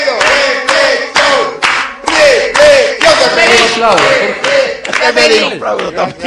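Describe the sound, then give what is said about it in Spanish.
Steady applause with clapping in the studio of the live show Todos en Cuero, heard under voices and cheering, holding fairly loud throughout with brief dips in between. “Y para que salga con mucha fuerza, claro, todo, que aplaudir, ¿sí?”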